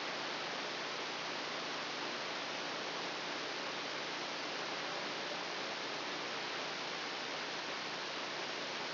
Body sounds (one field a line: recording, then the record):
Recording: brain microelectrode recording played as sound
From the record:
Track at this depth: inside the subthalamic nucleus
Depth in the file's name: 2.909 mm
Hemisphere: left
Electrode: 2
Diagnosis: Parkinson's disease